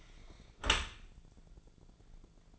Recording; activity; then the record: daily activity, microphone in the room; close dishwasher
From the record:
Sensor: 5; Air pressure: 1000.6 hPa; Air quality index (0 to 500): 151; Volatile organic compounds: 2 ppm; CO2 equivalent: 1158 ppm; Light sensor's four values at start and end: 41/93/40/43 and 41/93/40/43